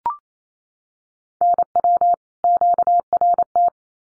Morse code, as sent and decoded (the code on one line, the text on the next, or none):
-. .-- / --.- .-. -
NW QRT